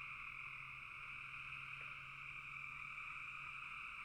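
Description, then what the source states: Frogs in a dense chorus, a steady unbroken droning trill in two pitch bands that holds level for the whole four seconds. Several frogs calling in a bog.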